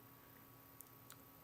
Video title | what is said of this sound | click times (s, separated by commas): EXTREME UNBOXING EVENT! Thusday Live! | that by having that there as it comes out it clicks into place and then just lines up nice and smooth | 0.8 s, 1.1 s